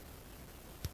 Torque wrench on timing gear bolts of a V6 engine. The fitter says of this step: give that a little click with torque wrench and we'll be done there see ya